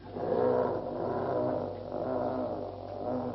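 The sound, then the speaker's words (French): A huge bear growls in a low, rough, sustained rumble that swells and eases a few times over about three seconds, with no voices, in a scene of a 1974 recording of Jarry's play Ubu Roi. “Un ours? Oh, la grosse bête!”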